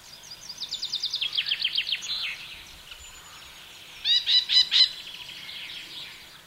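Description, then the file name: Krüper's nuthatch giving a rapid run of repeated notes, then a shorter, louder burst of similar notes after a pause. "krupersnuthatch"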